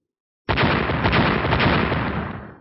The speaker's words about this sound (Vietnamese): Liên tục 3 tiếng nổ, dung nham tím đen bạo tạc 3 lần.